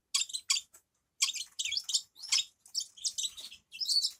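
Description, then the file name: Grass parakeet giving short, sharp, high chirps in quick clusters separated by brief silences. "travyanye popugaiciki"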